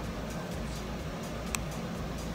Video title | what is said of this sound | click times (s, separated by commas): Show Me the Monat! - Opening and Closing Bottles! | it's very faint clicking but you will hear it or you kind of feel it too so | 1.6 s